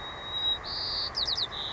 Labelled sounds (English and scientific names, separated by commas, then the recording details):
White-crowned Sparrow (Zonotrichia leucophrys)
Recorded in Sonoma County, California